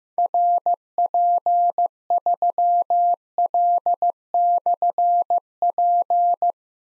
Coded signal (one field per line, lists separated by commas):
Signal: Morse code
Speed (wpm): 15 wpm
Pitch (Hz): 700 Hz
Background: none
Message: RP3L/P